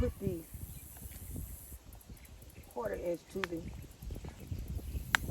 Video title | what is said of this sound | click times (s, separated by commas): Planting Garlic using the Sterilization method | into the half2 inch tubing you hear a click | 5.1 s